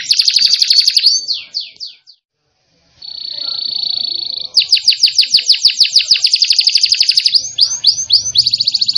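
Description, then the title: Canary singing in rapid high trills, with a brief pause after the opening, then a steady buzzy note followed by long fast rolls and sweeping slurred phrases. "Kenari Gacor"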